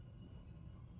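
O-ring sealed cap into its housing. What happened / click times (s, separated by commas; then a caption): Handled, not yet home: the cap has not seated / none. An O-ring sealed cap is being handled and lined up against its housing, with a steady low rumble underneath throughout the clip. Nothing has seated or clicked yet; the clip ends before the cap locks into place.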